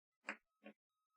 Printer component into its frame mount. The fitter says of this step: go in there like this and i guess this clicks in place